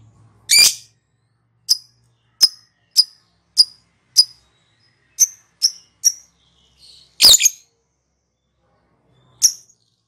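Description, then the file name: Lovebird with a harsh squawk, then a string of short, thin chirps, followed by another loud squawk and a last chirp. Ngekek call type. "suara burung lovebird ngekek"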